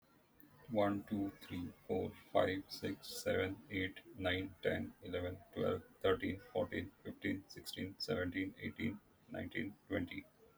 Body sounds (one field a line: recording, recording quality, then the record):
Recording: counting at a normal pace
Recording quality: excellent, no background noise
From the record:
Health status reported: healthy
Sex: male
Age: 48 years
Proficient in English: yes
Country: India